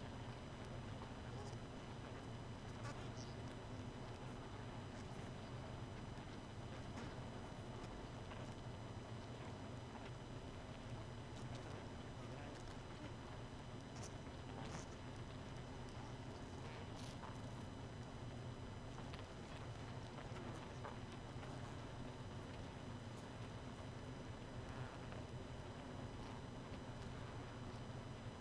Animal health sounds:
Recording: honeybee colony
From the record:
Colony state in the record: missing queen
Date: 31 May 2018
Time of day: 1:57

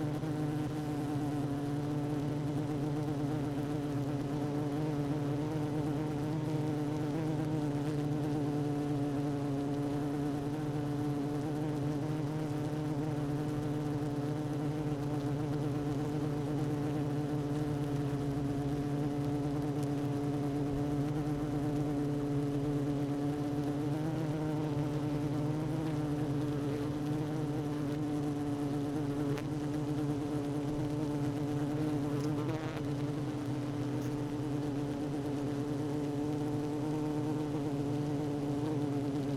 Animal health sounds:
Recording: honeybee colony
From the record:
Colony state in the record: active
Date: 12 June 2018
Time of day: 16:28

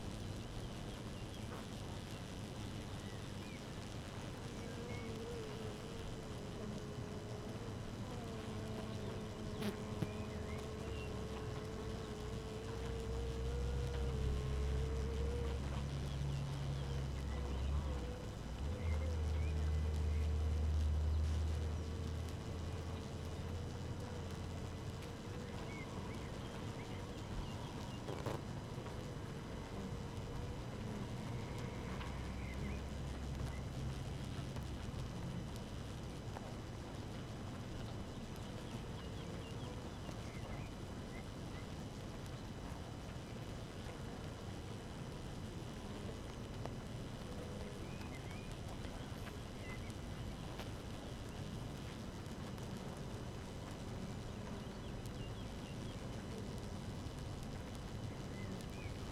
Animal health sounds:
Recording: honeybee colony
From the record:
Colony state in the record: active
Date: 12 June 2018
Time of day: 5:30

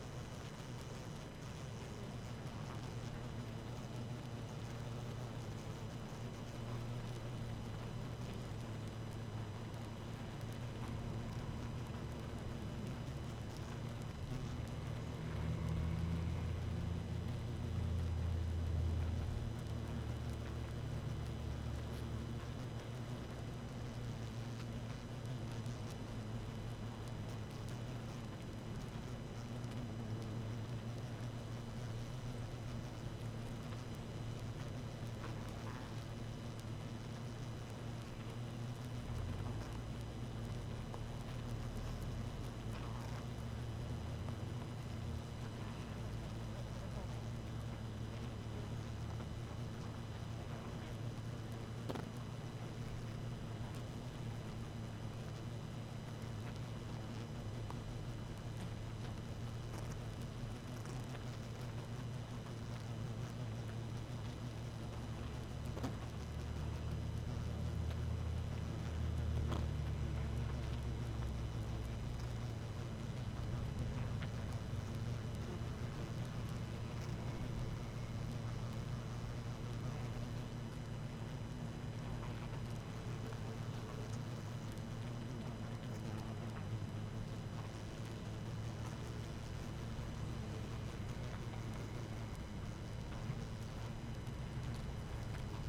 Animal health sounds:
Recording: honeybee colony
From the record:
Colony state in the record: active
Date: 12 June 2018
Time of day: 18:25

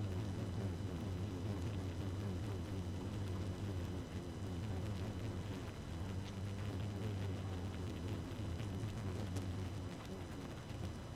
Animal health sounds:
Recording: honeybee colony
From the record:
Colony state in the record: active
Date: 12 June 2018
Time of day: 0:50

